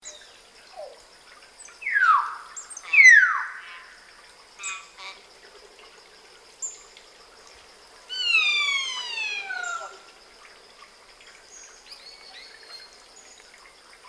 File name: Gracula religiosa